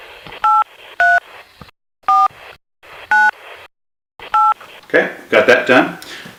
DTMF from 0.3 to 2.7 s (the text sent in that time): 83 4